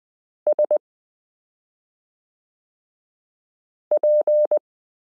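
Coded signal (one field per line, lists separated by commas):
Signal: Morse code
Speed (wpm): 20 wpm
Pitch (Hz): 600 Hz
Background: none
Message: SP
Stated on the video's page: Koch-method listening lesson 15 introducing the letter e, drilling characters s u a p t l o w i period n j e.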